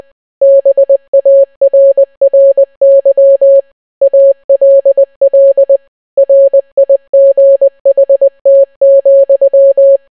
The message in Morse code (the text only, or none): BARRY ALL RIGHT,